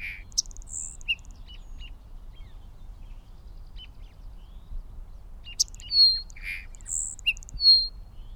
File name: sierra madre sparrow